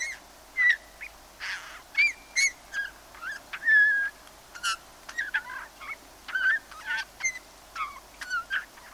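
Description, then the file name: Eurasian bullfinch calls: soft level and falling whistles with scattered short scratchy notes, delivered in loose irregular groups. "Pyrrhula pyrrhula"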